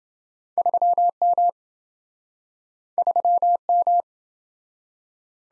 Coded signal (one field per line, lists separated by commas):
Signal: Morse code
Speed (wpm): 26 wpm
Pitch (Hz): 700 Hz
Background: none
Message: 3M 3M